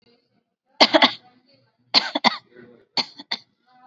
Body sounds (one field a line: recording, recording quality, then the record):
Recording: shallow voluntary cough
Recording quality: excellent, no background noise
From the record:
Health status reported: COVID-19 positive, mild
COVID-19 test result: positive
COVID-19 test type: RT-PCR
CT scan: not taken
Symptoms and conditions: cough, fever, muscle pain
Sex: female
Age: 25 years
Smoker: no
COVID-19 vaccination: one dose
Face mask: worn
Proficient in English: yes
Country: India